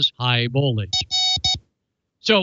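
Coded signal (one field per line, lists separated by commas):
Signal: none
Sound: music jingle notes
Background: speech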